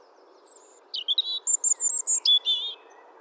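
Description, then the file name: European robin: high silvery whistles and short fast trills, some notes held briefly, in a phrase of about two seconds over soft steady background noise. "Erithacus rubecula"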